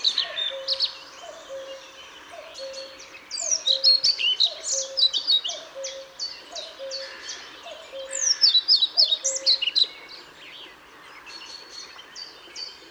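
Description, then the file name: European pied flycatcher song: two bursts of rapid, high, rhythmic notes against soft background twittering and a steadily repeated low note. Recorded at Paehl on 1 May 2014. "Trauerschnaepper 01 05 2014 Paehl WM Michle Pron"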